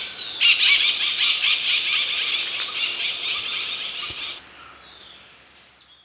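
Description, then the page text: Layard's parakeet calls: a rapid run of harsh, screechy notes lasting about four seconds, then fading into faint background. "Layards Parakeet Calls. Quick Sounds"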